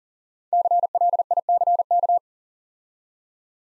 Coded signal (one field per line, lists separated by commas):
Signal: Morse code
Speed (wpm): 39 wpm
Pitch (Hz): 700 Hz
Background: none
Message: CLICK